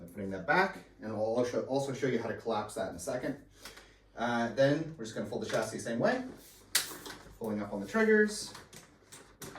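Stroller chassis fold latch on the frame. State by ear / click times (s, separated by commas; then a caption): not seated / none. Someone talks while handling a Nuna Demi Next stroller, pulling up on the fold triggers to begin folding the chassis toward its frame fold latch, with brief handling noises between the talk. The chassis fold lock has not seated or clicked yet.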